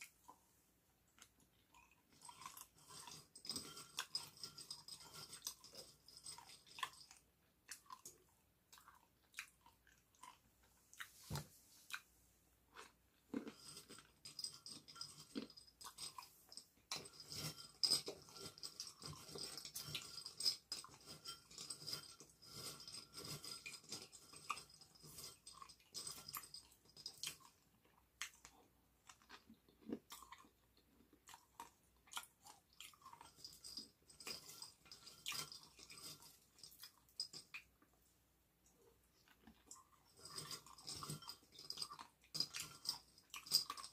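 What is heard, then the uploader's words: Someone eats peanuts, chewing and crunching in dense bursts of sharp, bright crackles that run through most of the 44 seconds. Short pauses break the chewing near 8–12 seconds and around 38 seconds, with scattered clicks and rustles between the bouts. Eating chewing and crunching on peanuts and drinking bottle water. Crunching, chewing fresh container jar of peanuts, drinking bottle water, paper towels.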